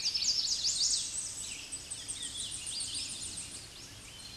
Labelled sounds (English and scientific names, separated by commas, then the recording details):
Hooded Warbler (Setophaga citrina) song
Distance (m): 60 m
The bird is about 5 m below the microphone
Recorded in a Pennsylvania forest on 16 May 2024 at 07:16
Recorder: AudioMoth, point MSD-2478
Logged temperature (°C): 15.6 °C
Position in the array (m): 14 m, 153 m